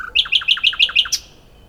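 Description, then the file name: Common nightingale song phrase: six quick paired notes, each a high chip dropping to a lower slur, steady and evenly spaced, ending in one sharp high note. "Luscinia megarhynchos"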